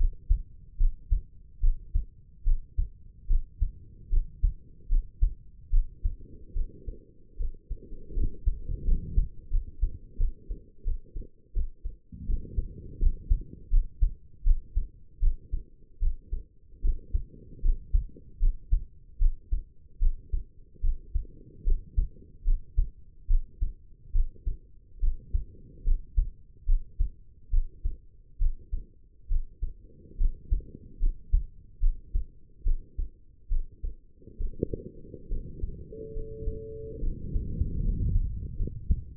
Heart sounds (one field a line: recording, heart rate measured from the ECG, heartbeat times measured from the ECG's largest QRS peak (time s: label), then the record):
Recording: heart sounds by stethoscope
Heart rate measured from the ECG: 75 bpm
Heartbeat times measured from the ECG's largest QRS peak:
0.77 s: heartbeat
1.60 s: heartbeat
2.43 s: heartbeat
3.27 s: heartbeat
4.10 s: heartbeat
4.88 s: heartbeat
5.70 s: heartbeat
6.53 s: heartbeat
7.37 s: heartbeat
8.13 s: heartbeat
8.84 s: heartbeat
9.50 s: heartbeat
10.17 s: heartbeat
10.83 s: heartbeat
11.53 s: heartbeat
12.26 s: heartbeat
12.99 s: heartbeat
13.70 s: heartbeat
14.43 s: heartbeat
15.20 s: heartbeat
15.99 s: heartbeat
16.81 s: heartbeat
17.62 s: heartbeat
18.39 s: heartbeat
19.18 s: heartbeat
19.99 s: heartbeat
20.81 s: heartbeat
21.64 s: heartbeat
22.44 s: heartbeat
23.27 s: heartbeat
24.12 s: heartbeat
25.00 s: heartbeat
25.84 s: heartbeat
26.66 s: heartbeat
27.50 s: heartbeat
28.38 s: heartbeat
29.28 s: heartbeat
30.17 s: heartbeat
30.99 s: heartbeat
31.80 s: heartbeat
32.63 s: heartbeat
33.48 s: heartbeat
34.37 s: heartbeat
35.28 s: heartbeat
36.13 s: heartbeat
37.00 s: heartbeat
37.82 s: heartbeat
38.56 s: heartbeat
From the record:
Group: healthy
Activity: rest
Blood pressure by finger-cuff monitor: 116/77 mmHg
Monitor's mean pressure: 87 mmHg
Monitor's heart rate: 73 bpm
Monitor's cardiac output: 5.5 L/min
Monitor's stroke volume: 76 mL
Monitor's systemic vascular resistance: 1150 dyn s/cm5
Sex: female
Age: 22 years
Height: 160 cm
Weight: 45 kg